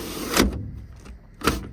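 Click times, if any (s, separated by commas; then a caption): none. The latch of a net/mesh panel fitted on a truck cab is being operated, giving two short, broadband, door-like knocks at about 0.4 s and 1.5 s over a low background rumble. Nothing has seated or clicked yet.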